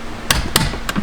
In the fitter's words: push those pieces snap the safety clips airbag just snaps right into place